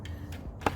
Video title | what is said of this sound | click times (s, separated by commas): How to lubricate grease points on a small outboard/Zerk fittings | until it clicks you're gonna give it about two | 0.7 s